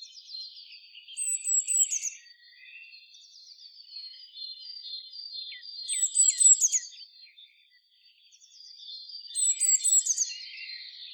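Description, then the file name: Eurasian blue tit uttering three brief runs of high, sharp, slightly falling notes a few seconds apart, with soft twittering and buzzy chatter throughout. "Cyanistes caeruleus"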